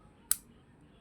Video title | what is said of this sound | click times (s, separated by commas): Solar Panel Troubleshooting @YouTube | Now you hear that sound. When you hear that sound, it means it has slapped itself here. | 0.3 s